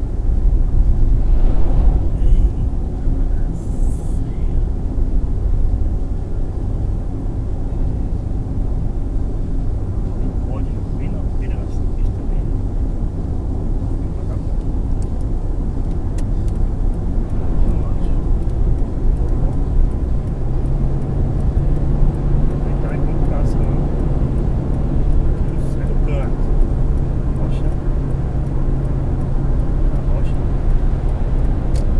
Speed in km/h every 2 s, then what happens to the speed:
73, 72, 74, 76, 79, 81, 83, 86, 91, 95, 100, 103, 106, 108, 111, 113.
0-32 speeds up to 113.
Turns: none.